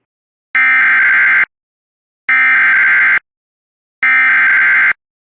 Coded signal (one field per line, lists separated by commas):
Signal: Emergency Alert System (SAME) tones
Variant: header bursts